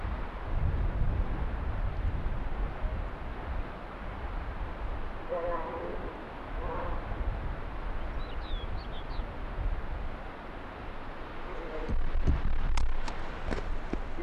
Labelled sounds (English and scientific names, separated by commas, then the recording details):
Arctic Fox (Vulpes lagopus)
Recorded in the wild
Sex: diverse
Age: adult
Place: Insel Mednyi, Kommandeur-Inseln, RU
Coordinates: 54.5167, 168.083
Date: 1999-07-17 19:06
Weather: Nieselregen, 10°C, starker Südwestwind
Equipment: Sony WM-D6C, Sennheiser ME 80, K 30 AV, Windkorb, Kopie Tascam DA 30
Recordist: Jakupi, Antje